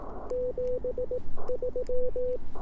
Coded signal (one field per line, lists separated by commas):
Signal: Morse code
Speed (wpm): 18 wpm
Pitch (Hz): 500 Hz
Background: none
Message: 73